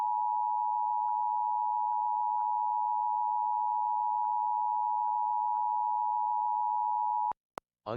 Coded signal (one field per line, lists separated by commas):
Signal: Emergency Alert System (SAME) tones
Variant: 853 and 960 Hz attention tone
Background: speech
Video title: Fire Warnings for Imperial, CA (EAS #1428-#1429)